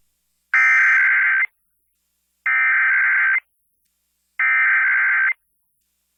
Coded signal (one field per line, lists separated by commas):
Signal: Emergency Alert System (SAME) tones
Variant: header bursts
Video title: [EAS #2737-#2740] NOAA Weather Radio RWT & Shasta RMT (10/18/23)